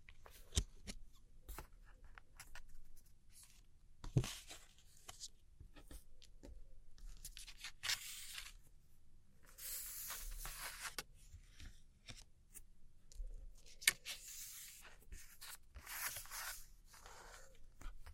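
Tracing and light scratchy tapping on old postcards: soft dry scrapes come in bursts, longest around 8, 10 and 15–16 seconds, with quiet gaps between. Sharp little taps dot the recording, the clearest near 0.6, 4 and 14 seconds, over a faint low hum.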